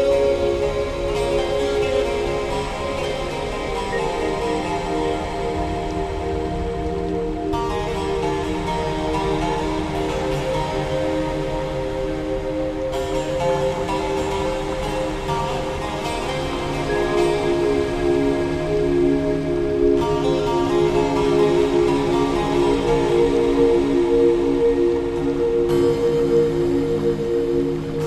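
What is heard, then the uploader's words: Soft piano chords ring and blend into a steady, unbroken wash, with brighter upper notes swelling in after about seventeen seconds. Water Droplets - Nature Sound - Piano Background.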